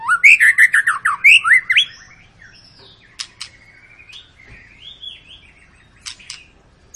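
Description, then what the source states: White-rumped shama opening with a loud burst of rapid upswept notes, followed by softer drawn-out whistles and sparse sharp clicks. Long lure song of an actively singing (gacor) bird, used to make birds sing.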